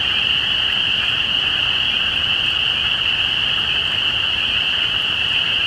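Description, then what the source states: Spring peeper chorus, an unbroken high-pitched ringing of countless overlapping peeps, steady and unchanging. Recorded at Easter 2017.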